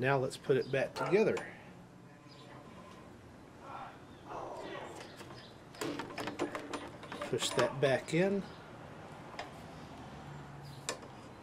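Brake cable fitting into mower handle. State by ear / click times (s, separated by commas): seated / 10.9 s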